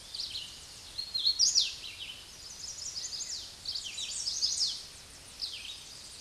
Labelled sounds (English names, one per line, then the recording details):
Hooded Warbler song
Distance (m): 20 m
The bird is about 15 m above the microphone
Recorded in a Pennsylvania forest on 16 May 2024 at 08:36
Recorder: AudioMoth, point MSD-2208
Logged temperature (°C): 15.2 °C
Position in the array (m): 146 m, 97 m